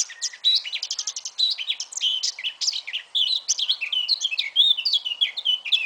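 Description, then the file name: Eurasian blackcap song opening with a quick stuttered series of notes, then flowing into a continuous, varied warble of whistles and chatter. "Sylvia atricapilla"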